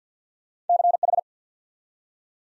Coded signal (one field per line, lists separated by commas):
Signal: Morse code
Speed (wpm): 48 wpm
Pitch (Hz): 700 Hz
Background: none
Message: CH